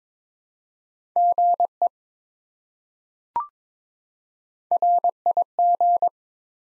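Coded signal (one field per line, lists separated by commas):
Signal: Morse code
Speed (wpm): 22 wpm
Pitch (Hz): 700 Hz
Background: none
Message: GE RIG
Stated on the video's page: Morse head-copy drill of common QSO elements at 22 wpm, each sent, spoken, then sent again.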